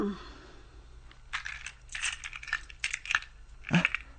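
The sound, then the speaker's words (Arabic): A cluster of keys, the basement keys taken from a key cabinet, jingles and clinks in short, bright metallic bursts over about three seconds, ending in a louder rattle, with no voices. “افتحي خزانة المفاتيح وهاتي مفاتيح البدروم.”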